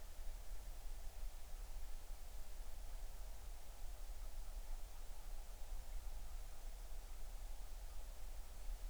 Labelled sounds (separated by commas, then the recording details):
bird, wind
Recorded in the Arctic National Wildlife Refuge, Alaska, on 20 July 2019 at 02:41
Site 38